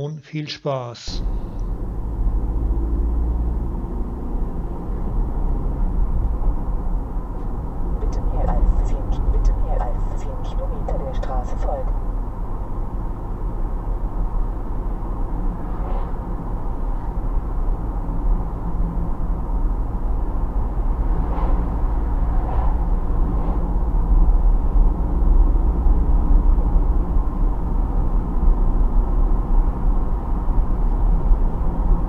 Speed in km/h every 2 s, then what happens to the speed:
37, 40, 46, 48, 51, 53, 53, 55, 55, 57, 59, 59, 57, 62, 64, 66.
0-32 speeds up to 66.